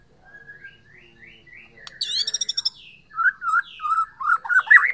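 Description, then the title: White-rumped shama song opening with soft rising whistles, then a harsh rattling burst followed by loud, fluty warbled phrases. Borneo. "MURAI BORNEO MAS KIKI"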